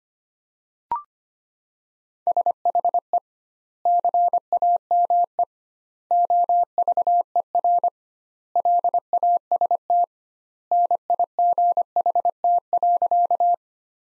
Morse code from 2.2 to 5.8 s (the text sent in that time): SHE CAME